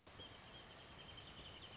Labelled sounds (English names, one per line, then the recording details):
Wrentit
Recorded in Sonoma County, California